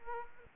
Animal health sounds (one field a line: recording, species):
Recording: mosquito wingbeat signal from an infrared sensor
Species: Aedes aegypti